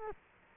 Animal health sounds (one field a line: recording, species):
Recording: mosquito wingbeat signal from an infrared sensor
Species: Culex quinquefasciatus